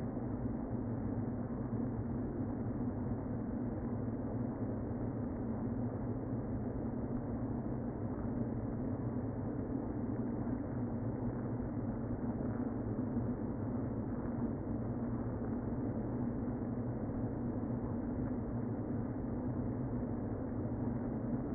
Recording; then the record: honeybee colony, microphone inside the hive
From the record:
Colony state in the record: queen present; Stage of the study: before two queens were removed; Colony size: about 60,000 bees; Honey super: yes